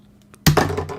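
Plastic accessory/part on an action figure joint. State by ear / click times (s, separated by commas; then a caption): released / 0.5 s. While a plastic action figure is being posed, a plastic part on its joint comes loose with a sharp plastic snap at 0.5 s, followed by brief rattling and handling noise. The part pops off because the joint is too weak to hold it.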